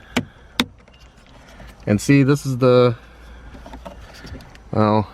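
A wiring harness connector is plugged into the ambient light module in the interior trim of a 9th-generation Honda Civic Si sedan; the harness is bent, so the connector has to be forced in rather than simply snapping into place. A sharp tap at 0.2 s is followed by a louder, crisp click at 0.6 s as the connector seats, then faint handling noises. Someone talks afterward.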